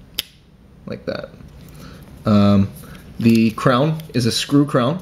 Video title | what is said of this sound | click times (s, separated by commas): MB&F HM3 Frog | it just goes like that it doesn't click in or anything like that and then you pull it open like | 0.2 s